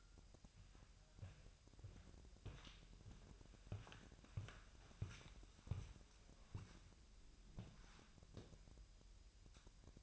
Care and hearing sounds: daily activity, microphone in the room; walk to room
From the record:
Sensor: 2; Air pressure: 1001.8 hPa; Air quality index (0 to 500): 248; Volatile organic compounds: 35 ppm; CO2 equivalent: 3056 ppm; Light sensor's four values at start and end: 7/16/6/7 and 6/15/6/6

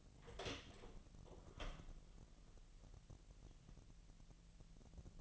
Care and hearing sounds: daily activity, microphone in the room; open door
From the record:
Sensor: 4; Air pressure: 1002.1 hPa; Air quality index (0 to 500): 248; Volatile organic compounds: 41 ppm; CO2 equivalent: 3166 ppm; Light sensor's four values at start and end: 10/22/8/8 and 9/21/8/7

